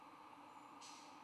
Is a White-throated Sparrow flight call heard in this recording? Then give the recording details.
no. No flight call is heard. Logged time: 23:18 on 16 November 2014